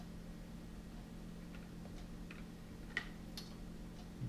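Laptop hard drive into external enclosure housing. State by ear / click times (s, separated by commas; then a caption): not seated / none. A laptop hard drive is pushed into a plastic external enclosure, but it is the wrong way round, so the plastic snap does not catch. Only a few small plastic ticks are heard around 2.3, 3.0 and 3.4 seconds over a steady low hum. Nothing has seated or clicked yet.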